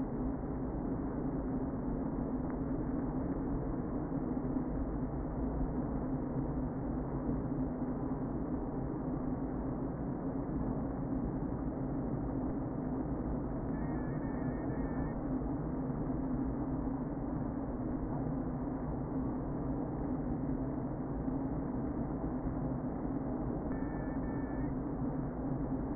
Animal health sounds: honeybee colony, microphone inside the hive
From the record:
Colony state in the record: queen present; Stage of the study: before two queens were removed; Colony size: about 60,000 bees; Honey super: yes

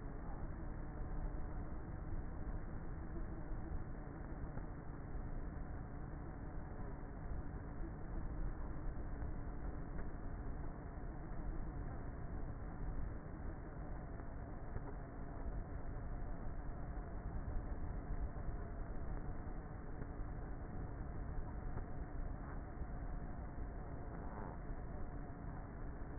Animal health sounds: honeybee colony, microphone inside the hive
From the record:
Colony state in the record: queenless with a low population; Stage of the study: before two queens were removed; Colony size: about 30,000 bees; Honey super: no

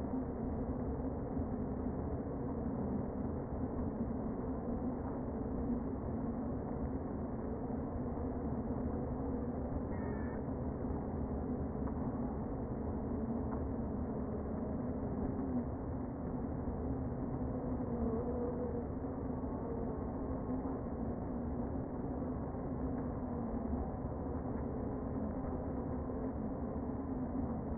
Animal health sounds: honeybee colony, microphone inside the hive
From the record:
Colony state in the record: queen present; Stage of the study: before two queens were removed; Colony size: about 60,000 bees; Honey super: yes

